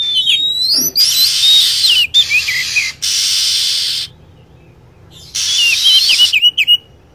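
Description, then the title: Lovebird calls: high squeaky chirps and twittering notes, partly buried under repeated one-second bursts of loud hiss. Lure sound used to attract lovebirds. "PIKAT BURUNG LOVEBIRD"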